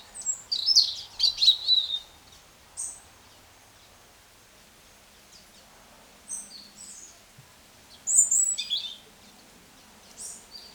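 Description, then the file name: European robin with high thin warbled phrases, a short burst near the start and another after a long pause, interspersed with isolated high notes. "Erithacus rubecula"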